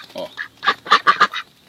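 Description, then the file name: Pekin duck quacking, a run of short nasal quacks, about seven in under two seconds, the middle ones loudest. "canto do pato de pequim"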